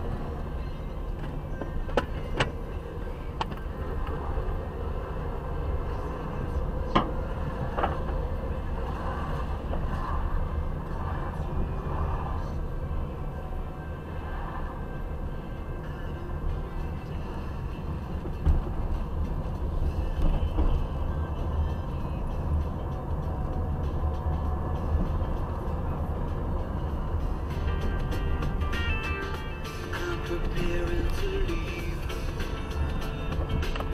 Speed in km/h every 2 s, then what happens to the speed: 19, 18, 19, 23, 24, 24, 24, 23, 23, 25, 26, 29, 29, 31, 28, 17, 20.
6-16 steady at about 23. 16-25 speeds up to 31. 25-30 slows to 17.